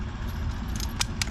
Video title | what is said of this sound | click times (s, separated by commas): GENMAX Extended Run 12V DC Gas Electric Fuel Pump (GMEFP for Generators - Never Run Out of Gas Again | go ahead and put it all on it locks in place now | 1.0 s, 1.2 s